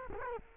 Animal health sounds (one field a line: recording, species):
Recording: mosquito wingbeat signal from an infrared sensor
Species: Culex quinquefasciatus